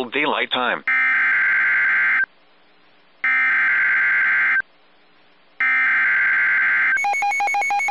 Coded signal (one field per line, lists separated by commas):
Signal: Emergency Alert System (SAME) tones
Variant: header bursts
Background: speech